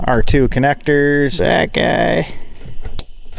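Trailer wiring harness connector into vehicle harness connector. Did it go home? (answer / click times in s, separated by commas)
yes / 3.0 s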